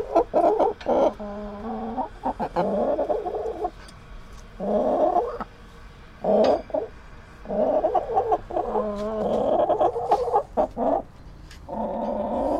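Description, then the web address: Chickens giving drawn-out, wavering calls and clucks in overlapping bursts, with short quieter gaps and occasional clicks and rattles. Chickens, caged. "Tom Hutchings Chickens Caged"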